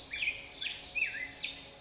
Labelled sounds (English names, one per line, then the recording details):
Black-headed Grosbeak
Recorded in Sonoma County, California